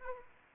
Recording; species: mosquito wingbeat signal from an infrared sensor; Anopheles arabiensis